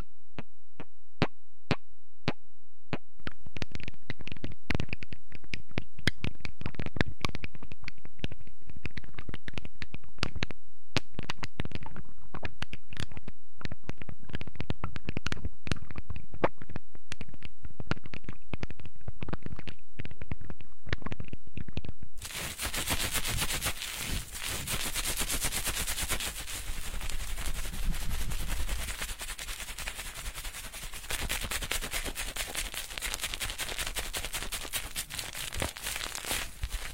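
Rapid, irregular tapping on running water fills the first twenty-two seconds, dense sharp clicks and splashes in quick bursts. Around the twenty-two second mark it shifts abruptly to a softer, steadier hiss of smearing and rubbing, with scattered faint taps continuing to the end.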